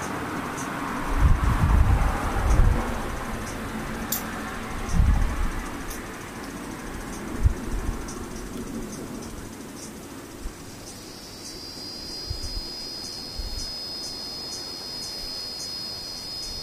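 A cicada starts a steady, high, whining buzz a little before the eleven-second mark and holds it to the end. Earlier, low rumbling thumps, like passing traffic, swell around two and five seconds over a constant hiss, with faint ticks scattered throughout.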